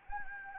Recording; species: mosquito wingbeat signal from an infrared sensor; Anopheles gambiae